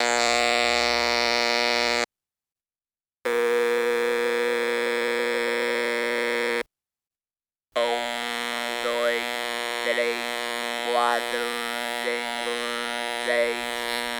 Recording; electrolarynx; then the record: speech with an electrolarynx; modified device, with random pitch perturbation and pitch set by sex and age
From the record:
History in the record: total laryngectomy